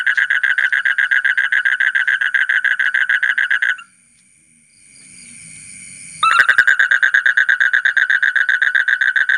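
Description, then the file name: Asian common toad trilling in rapid pulses, breaking off for about two seconds of faint hiss, then starting again at the same quick rate. "suara kodok bangkong kolong kodok buduk"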